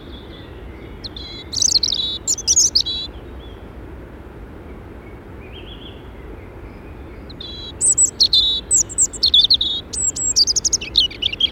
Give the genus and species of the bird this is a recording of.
Erithacus rubecula